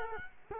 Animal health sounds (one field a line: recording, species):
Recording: mosquito wingbeat signal from an infrared sensor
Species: Culex quinquefasciatus